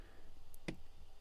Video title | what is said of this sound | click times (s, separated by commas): 2022 - 2024 Jeep Grand Cherokee Cabin Air filter Replacement - How To Replace Change Filter Location | so that tab will just go in there and then it goes up just that far locks into place | 0.7 s